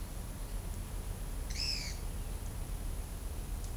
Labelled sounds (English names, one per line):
Pale-eyed Pygmy Tyrant